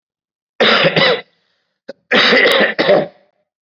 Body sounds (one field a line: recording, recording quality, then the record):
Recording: shallow voluntary cough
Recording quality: excellent, no background noise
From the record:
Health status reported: COVID-19 positive, mild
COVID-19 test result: positive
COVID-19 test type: rapid antigen test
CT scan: not taken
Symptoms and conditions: cough, fever, fatigue, muscle pain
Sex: male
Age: 44 years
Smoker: no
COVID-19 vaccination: both doses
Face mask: worn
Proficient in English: yes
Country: India